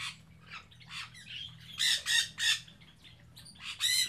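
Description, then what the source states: Birds squawking and chirping in quick, loud bursts of harsh notes with short pauses, above a constant low hum. Captive birds in an aviary on Spetses.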